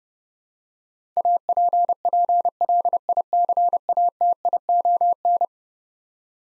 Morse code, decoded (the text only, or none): APPLICATION